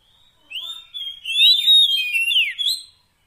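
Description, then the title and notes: Oriental magpie-robin giving one brief phrase of sweet whistled notes, swelling and slurring down near the end. Kacer fill-in tutor song of long duration, meant to get the bird singing heavily day and night. "Kacer Jadi Gacor Siang Malam. Isian Kacer Durasi Panjang"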